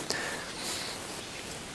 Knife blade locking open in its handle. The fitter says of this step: the knife pops up for you and it locks into place